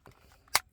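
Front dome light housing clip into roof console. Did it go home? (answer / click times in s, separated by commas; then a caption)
yes / 0.5 s. The plastic front dome light housing of a 2022–2024 Nissan Almera is pressed further into the roof console panel, and its clip gives another sharp click at 0.6 s after a few faint earlier ticks. The housing is locked in place.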